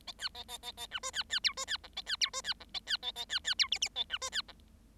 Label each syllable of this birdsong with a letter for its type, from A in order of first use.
A B A A A A C D B B E D B F A B E D B F A B A A B B E G G A C D B F